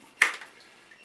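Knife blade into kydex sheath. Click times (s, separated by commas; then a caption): 0.2 s. A knife blade is pressed into a kydex sheath and seats with a single sharp snap at 0.2 s. The snap is bright and broadband, with a short decaying tail, and then the clip goes quiet. The knife is seated in the sheath.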